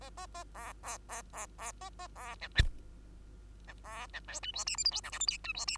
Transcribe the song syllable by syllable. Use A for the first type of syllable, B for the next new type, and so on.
A A A B B B B B A A B C C C B C D E F G H I J K L M N E F G